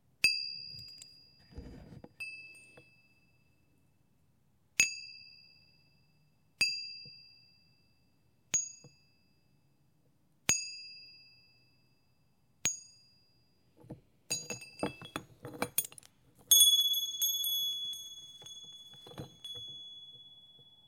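Delicate wind chimes ring out one clear, high strike at a time, roughly every two seconds, each tone fading slowly. Near the fifteen-second mark the strikes crowd into a quick jangling cluster, then several bright tones ring together and linger to the end.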